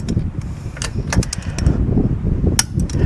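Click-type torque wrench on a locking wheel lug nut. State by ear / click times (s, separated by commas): torque reached / 2.6 s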